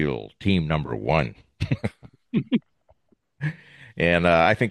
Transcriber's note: laughs